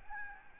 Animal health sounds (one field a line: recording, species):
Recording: mosquito wingbeat signal from an infrared sensor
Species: Aedes albopictus